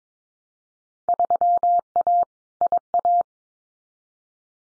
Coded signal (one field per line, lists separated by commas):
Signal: Morse code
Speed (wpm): 22 wpm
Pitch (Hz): 700 Hz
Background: none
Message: 3A IA